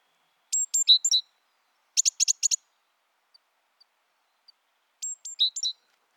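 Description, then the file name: Great tit calls: high thin notes and slurred chips, a burst of four sharp notes, near silence with faint ticks, then the thin high notes again. "Parus major"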